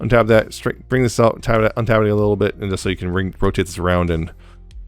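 Someone talks over background music while handling a Transformers Studio Series Astrotrain ('86) figure during its transformation to shuttle mode, untabbing and rotating a plastic panel to bring its tab toward its slot on the robot. Nothing has seated or clicked into place yet.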